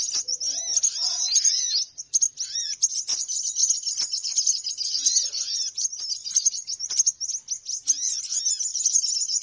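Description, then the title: Birds twittering and chattering nonstop in a thick high chorus, with occasional lower whistled notes beneath. Lure sound of noisy chattering birds used to attract birds, which reportedly gathered close soon after it began. "Baru Diputar Dah Banyak Merapat! Suara Pikat Burung Ribut"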